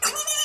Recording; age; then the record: pig call; weaner (32 to 43 days)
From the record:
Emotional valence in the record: negative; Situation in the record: long isolation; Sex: female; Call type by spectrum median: high-frequency call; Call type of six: high-frequency stable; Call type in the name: high-frequency stable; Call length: 0.44 s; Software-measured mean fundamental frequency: 565 Hz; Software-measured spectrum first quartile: 2498 Hz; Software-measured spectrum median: 5410 Hz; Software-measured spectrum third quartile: 7586 Hz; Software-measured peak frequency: 3032 Hz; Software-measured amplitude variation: 159 dB a second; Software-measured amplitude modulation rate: 15.8 a second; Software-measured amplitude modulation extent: 10.1 dB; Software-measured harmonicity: 8.2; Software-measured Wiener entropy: -2.49